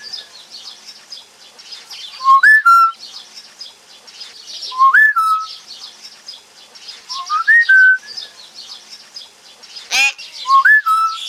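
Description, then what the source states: Common hill myna repeating a loud rising-then-level whistle about every two and a half seconds, with quieter chatter and clicks between the whistles. Kept as a pet; produces partly quite loud sounds; noted for speech mimicry, especially in females.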